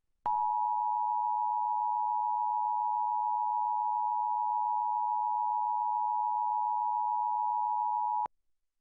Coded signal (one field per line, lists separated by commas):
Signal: Emergency Alert System (SAME) tones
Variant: 853 and 960 Hz attention tone